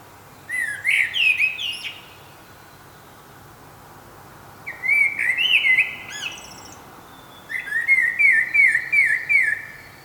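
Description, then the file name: Common blackbird: three bursts of quick warbled whistling with rapid wavering notes and thin high chirps, separated by silent gaps. "Turdus merula"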